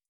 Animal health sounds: hydrophone in a shrimp aquaculture tank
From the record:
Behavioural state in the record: starved

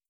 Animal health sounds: hydrophone in a shrimp aquaculture tank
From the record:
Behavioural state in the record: starved

